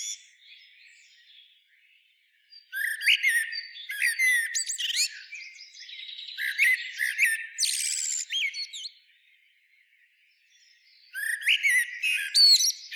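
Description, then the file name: Common blackbird calls in two busy bursts of chirps, whistled slurs and buzzy notes, separated by a few quiet seconds. "Turdus merula"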